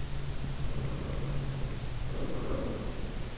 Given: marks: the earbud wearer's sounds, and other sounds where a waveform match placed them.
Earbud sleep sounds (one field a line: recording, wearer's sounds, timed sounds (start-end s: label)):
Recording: sounds in sleep by an in-ear microphone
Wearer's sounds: breath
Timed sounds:
0.47-3.37 s: breath